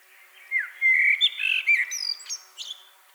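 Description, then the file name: Common blackbird with a short warbled song: several fluty, slurred notes followed by thin high squeaky notes near the end. "Turdus merula"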